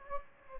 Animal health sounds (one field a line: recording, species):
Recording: mosquito wingbeat signal from an infrared sensor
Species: Anopheles gambiae